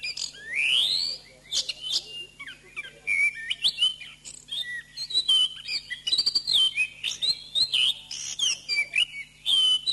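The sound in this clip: Oriental magpie-robin song opening with a rising whistle, followed by a busy stream of varied whistled phrases and short chirps; soft steady hum underneath.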